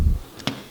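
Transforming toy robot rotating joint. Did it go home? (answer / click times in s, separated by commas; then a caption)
yes / 0.5 s. A plastic transforming toy robot's rotating joint is twisted until it locks. Low handling rumble fades over the first 0.2 seconds, then a single sharp plastic click at 0.5 seconds marks the joint seating into place.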